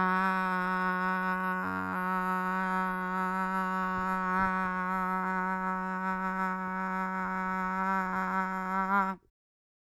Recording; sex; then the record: sustained vowel /a/; female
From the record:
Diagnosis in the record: Parkinson's disease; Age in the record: 40 years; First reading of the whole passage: 61 s, 7.8 characters per second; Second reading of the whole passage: 52 s, 9.9 characters per second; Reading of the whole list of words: 55 s, 5.1 characters per second